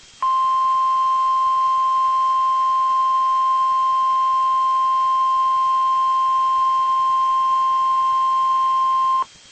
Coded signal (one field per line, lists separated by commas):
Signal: Emergency Alert System (SAME) tones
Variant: 1050 Hz attention tone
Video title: EAS: Required Weekly Test